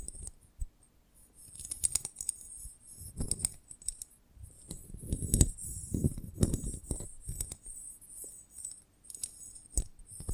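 Handling of a honeycomb on a branch, with soft crinkly scrapes and small clicking taps coming in uneven bursts. Low rubbing swells rise around two to three seconds and again between five and seven. A thin, steady high hiss runs throughout.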